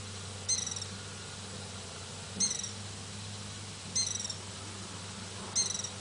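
Brazilian ruby, short high sharp chip notes repeated about every one and a half seconds over a low steady hum.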